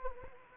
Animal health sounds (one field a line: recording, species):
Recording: mosquito wingbeat signal from an infrared sensor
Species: Anopheles arabiensis